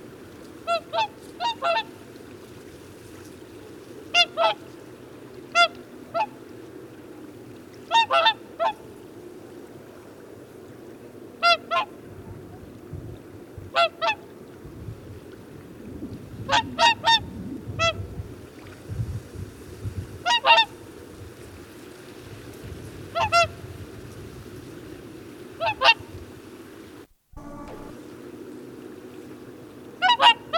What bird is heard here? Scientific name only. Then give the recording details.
Cygnus cygnus. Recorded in the wild. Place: Schwerin, Lewitz, Mecklenburg-Vorpommern, DE. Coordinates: 54.489, 11.551. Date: 1974-11-09. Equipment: Nagra III BH, Sennheiser MD 21, parabola. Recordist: Schubert, Michael